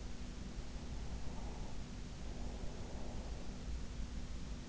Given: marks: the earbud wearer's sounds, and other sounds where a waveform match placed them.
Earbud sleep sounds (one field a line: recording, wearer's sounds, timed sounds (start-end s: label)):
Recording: sounds in sleep by an in-ear microphone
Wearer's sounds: breath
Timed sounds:
1.03-3.52 s: breath